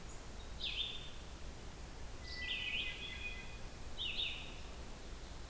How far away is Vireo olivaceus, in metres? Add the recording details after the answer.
about 30 m. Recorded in boreal forest in Alberta, Canada, on 16 June 2016 at 07:03. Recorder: SongMeter 3, array SBT-3-32. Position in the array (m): 43 m, 22 m